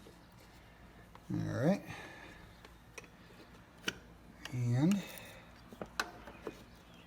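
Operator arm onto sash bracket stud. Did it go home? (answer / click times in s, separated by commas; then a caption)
yes / 6.0 s. A casement window crank operator's arm is pushed onto its pivot stud on the sash bracket while someone talks, with a few light clicks and taps along the way. The arm pops onto the stud with a sharp snap at 6.0 s and is seated.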